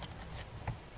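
Two small covers that were pried off earlier are pressed back onto the body of a Shakespeare Sigma 70 Saltwater spinning reel, with light handling and rubbing, a faint tick at 0.0 s and a sharper tick at 0.7 s. Nothing has seated or clicked into place yet.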